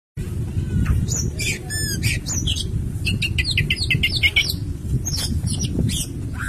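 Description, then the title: Oriental magpie-robin song: varied chattering and whistled notes, with a quick series of repeated short phrases midway, over a loud low rumbling background. "Kacer"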